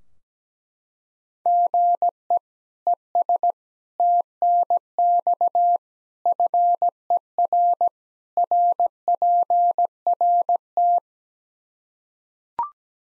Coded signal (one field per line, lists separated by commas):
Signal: Morse code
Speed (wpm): 17 wpm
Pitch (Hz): 700 Hz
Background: none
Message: GE ES TNX FER RPRT